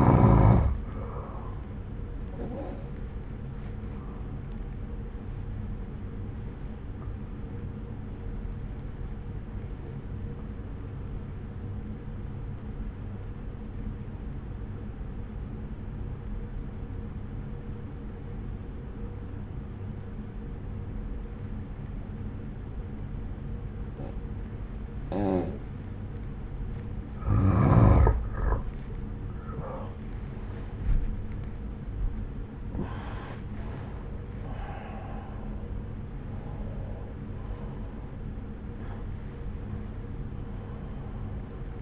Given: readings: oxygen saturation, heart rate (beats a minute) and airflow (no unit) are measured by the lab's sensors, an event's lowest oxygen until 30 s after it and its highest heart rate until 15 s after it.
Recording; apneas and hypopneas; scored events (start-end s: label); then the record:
breathing in sleep by a smartphone at the bedside; 1
7.00-28.40 s: obstructive apnea (N1, oxygen 94% highest, then 88% lowest)
From the record:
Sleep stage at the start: N1 (lightest sleep); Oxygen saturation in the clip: 89 to 94%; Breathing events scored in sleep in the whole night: 303 in 8.1 hours asleep